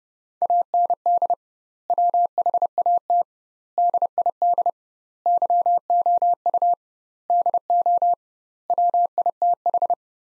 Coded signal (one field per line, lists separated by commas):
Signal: Morse code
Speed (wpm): 30 wpm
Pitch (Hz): 700 Hz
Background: none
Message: AND WHAT DID YOU DO WITH